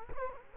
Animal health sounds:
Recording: mosquito wingbeat signal from an infrared sensor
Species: Culex quinquefasciatus

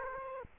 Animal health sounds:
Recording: mosquito wingbeat signal from an infrared sensor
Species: Aedes aegypti

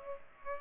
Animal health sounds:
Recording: mosquito wingbeat signal from an infrared sensor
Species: Culex pipiens

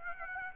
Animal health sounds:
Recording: mosquito wingbeat signal from an infrared sensor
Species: Aedes aegypti

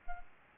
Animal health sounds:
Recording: mosquito wingbeat signal from an infrared sensor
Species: Aedes albopictus

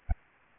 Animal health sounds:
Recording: mosquito wingbeat signal from an infrared sensor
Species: Anopheles arabiensis

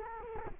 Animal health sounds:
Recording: mosquito wingbeat signal from an infrared sensor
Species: Culex quinquefasciatus

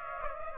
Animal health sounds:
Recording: mosquito wingbeat signal from an infrared sensor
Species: Aedes aegypti

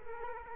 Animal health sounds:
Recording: mosquito wingbeat signal from an infrared sensor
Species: Culex quinquefasciatus

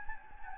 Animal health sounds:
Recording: mosquito wingbeat signal from an infrared sensor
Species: Anopheles gambiae

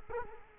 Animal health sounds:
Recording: mosquito wingbeat signal from an infrared sensor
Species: Culex quinquefasciatus

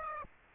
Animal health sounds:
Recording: mosquito wingbeat signal from an infrared sensor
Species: Aedes aegypti

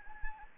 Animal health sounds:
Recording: mosquito wingbeat signal from an infrared sensor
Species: Anopheles arabiensis

